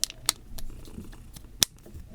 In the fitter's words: that snaps right into place